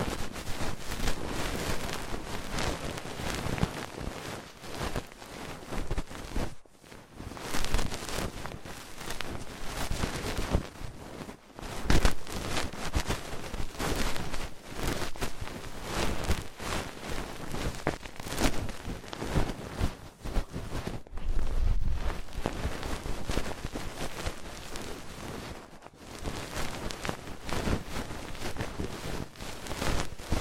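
Ear cleaning sounds fill the recording: dense, crackling scratches and rustles rubbing against the mic, with a rough texture like wind or rain. The scraping runs almost nonstop and swells and fades often, dropping out briefly near 7, 21 and 26 seconds.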